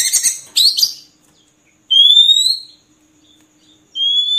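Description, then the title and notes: Oriental magpie-robin singing a few rough buzzy notes, then two long clean rising whistles separated by a pause. Long-duration magpie-robin filler (isian) song, played to train birds to sing actively (gacor) day and night. "Kacer Jadi Gacor Siang Malam. Isian Kacer Durasi Panjang"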